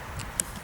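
On a VW Golf Mk7, the release button on the front wiper blade is pressed and the blade is worked free of the wiper arm, with a blanket laid below so the arm doesn't snap down. A softer tap at 0.2 s is followed by a sharp click at 0.4 s as the blade releases from the arm.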